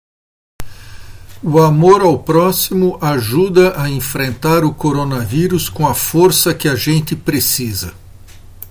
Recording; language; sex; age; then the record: spoken sentence; Brazilian Portuguese; male; 60 to 69 years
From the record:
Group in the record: control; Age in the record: 60 years